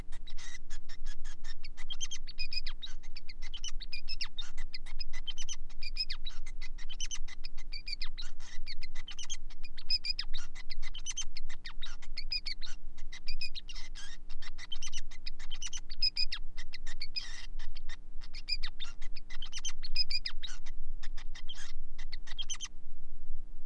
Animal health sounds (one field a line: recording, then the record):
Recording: song of a male Bengalese finch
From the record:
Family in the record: son of father 5